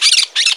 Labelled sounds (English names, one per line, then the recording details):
Brown-throated Parakeet contact call
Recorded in Margarita
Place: San Francisco, near stadium
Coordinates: 11.018, -64.294